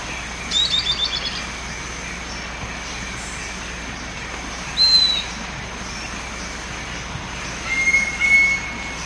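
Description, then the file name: Bird calls: a quick row of short high notes, then two separate thin whistles, one high and one lower, over a steady hiss. "SABIOD"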